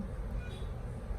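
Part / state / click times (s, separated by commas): crimped contact pin into MC4 solar connector housing / not seated / none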